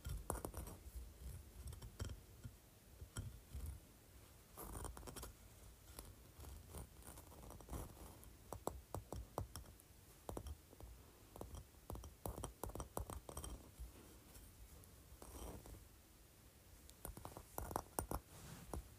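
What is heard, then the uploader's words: A large textured sea shell is handled and scraped, giving dense, irregular rasping and clicking through the whole stretch. Sharp bright ticks and clinks come in quick clusters, busiest around the middle and near the end, over a low rumbling handling noise. ASMR Large Textured Sea Shell.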